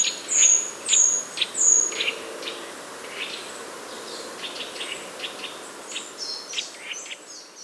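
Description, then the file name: Eurasian nuthatch calls: short sharp high notes repeated irregularly, with three louder thin whistles in the first two seconds, then softer scattered chips over faint background hiss. "Sitta europaea"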